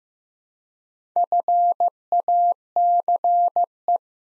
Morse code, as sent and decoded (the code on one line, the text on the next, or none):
..-. .- -.-. .
FACE